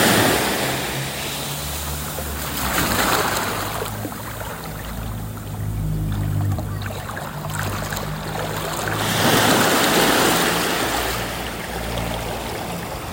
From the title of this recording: Monterey Bay Ocean Waves